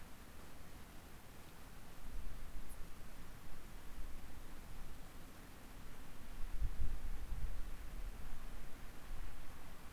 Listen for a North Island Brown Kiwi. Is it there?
no